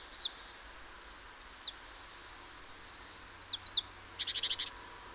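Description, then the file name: Great tit calls: single and paired high hooked chirps, followed by a fast burst of short buzzy notes near the end. "Parus major"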